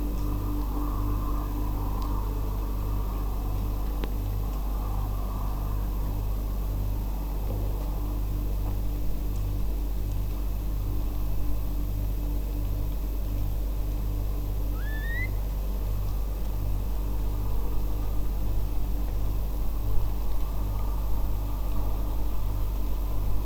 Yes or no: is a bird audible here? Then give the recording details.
yes. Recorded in France